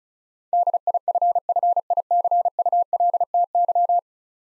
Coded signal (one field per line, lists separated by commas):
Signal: Morse code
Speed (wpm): 36 wpm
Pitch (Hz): 700 Hz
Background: none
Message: DIFFICULTY